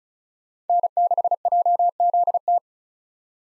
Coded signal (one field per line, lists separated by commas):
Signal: Morse code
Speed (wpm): 36 wpm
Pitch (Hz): 700 Hz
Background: none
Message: N6JZT